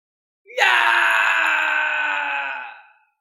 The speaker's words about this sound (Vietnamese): Sau khi một tiếng hét thảm truyền ra thì thượng giới chợt chấn động.